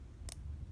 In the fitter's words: and then the front truck just snaps into place